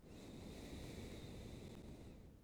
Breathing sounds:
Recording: one breath near a microphone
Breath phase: exhalation

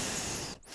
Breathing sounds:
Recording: one breath near a microphone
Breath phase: exhalation

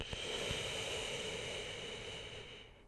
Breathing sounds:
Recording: one breath near a microphone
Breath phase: inhalation

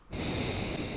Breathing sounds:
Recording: one breath near a microphone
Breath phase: exhalation

